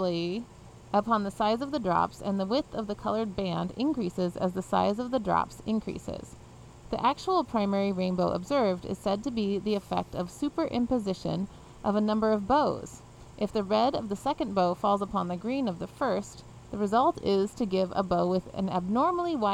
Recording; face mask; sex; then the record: reading aloud; surgical mask; female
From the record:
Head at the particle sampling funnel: facing it